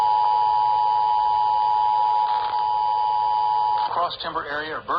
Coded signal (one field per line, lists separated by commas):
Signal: Emergency Alert System (SAME) tones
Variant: 853 and 960 Hz attention tone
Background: speech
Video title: A LOT OF PARISH AND COUNTY AR LA TX KRJO NEW STATION EAS Alerts From 10/18/25 (EAS#4,716 - #4,728)